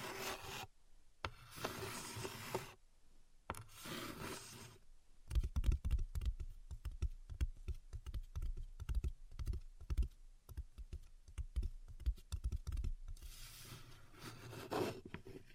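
Tapping and scratching on a hard surface. Dense, bright scratching strokes come in bursts for the first five seconds, then give way to quick, irregular taps with low thumps, much like typing, before scratching returns near the end.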